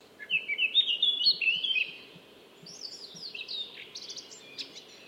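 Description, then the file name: Eurasian blackcap song: a rapid, scratchy warbling phrase lasting about two seconds, then a fainter, higher twittering run, over a steady low hum. "Sylvia atricapilla"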